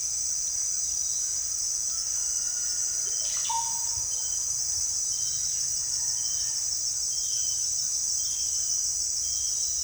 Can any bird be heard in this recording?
yes